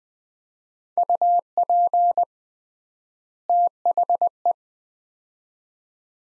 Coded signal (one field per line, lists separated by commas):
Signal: Morse code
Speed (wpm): 21 wpm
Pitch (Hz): 700 Hz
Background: none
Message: UP THE